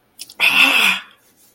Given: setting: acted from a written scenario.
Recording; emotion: vocal sound without words; distress